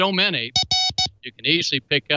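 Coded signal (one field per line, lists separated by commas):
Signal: none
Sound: background music synth notes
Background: speech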